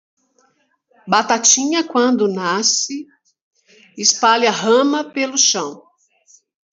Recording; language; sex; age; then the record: short text; Brazilian Portuguese; female; 50 to 59 years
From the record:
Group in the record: control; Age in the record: 57 years